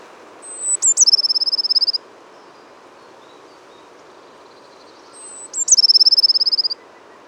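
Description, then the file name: Eurasian blue tit giving two identical phrases roughly five seconds apart: high thin note, sharp double chip, then a fast ringing trill. "Cyanistes caeruleus"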